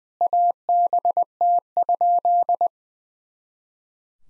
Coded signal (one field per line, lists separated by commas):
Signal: Morse code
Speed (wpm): 20 wpm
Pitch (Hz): 700 Hz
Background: none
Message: ABT?